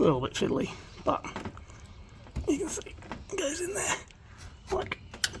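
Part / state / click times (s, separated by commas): plastic trim part or clip into the car's front bumper mounting / seated / 5.2 s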